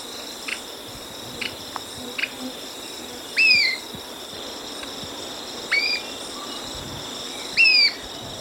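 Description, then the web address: Marañon spinetail gives three short downslurred notes, roughly two seconds apart, with a constant high hum and faint clicks behind. In Ecuador. "Birds of Ecuador. Marañon Spinetail"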